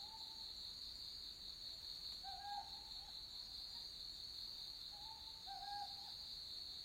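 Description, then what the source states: Owl calls, a few short hoots in two clusters, set against a dense continuous insect drone. Owls recorded on Iriomote, Japan.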